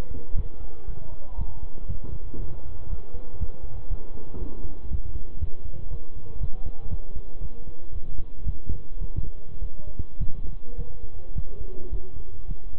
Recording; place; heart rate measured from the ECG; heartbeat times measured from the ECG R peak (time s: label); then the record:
heart sounds by stethoscope; between the tricuspid and mitral areas; 114 bpm
0.37 s: heartbeat
0.88 s: heartbeat
1.39 s: heartbeat
1.89 s: heartbeat
2.40 s: heartbeat
2.90 s: heartbeat
3.40 s: heartbeat
3.90 s: heartbeat
4.41 s: heartbeat
4.91 s: heartbeat
5.41 s: heartbeat
5.91 s: heartbeat
6.41 s: heartbeat
6.91 s: heartbeat
7.41 s: heartbeat
7.93 s: heartbeat
8.46 s: heartbeat
9.01 s: heartbeat
9.62 s: heartbeat
10.20 s: heartbeat
10.78 s: heartbeat
11.36 s: heartbeat
11.92 s: heartbeat
12.48 s: heartbeat
From the record:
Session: bicycle stress test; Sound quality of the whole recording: good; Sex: male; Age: 23 years